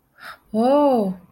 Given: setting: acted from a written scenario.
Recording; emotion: vocal sound without words; awe